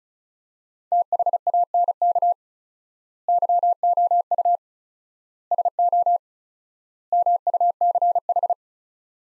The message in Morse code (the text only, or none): THANK YOU SO MUCH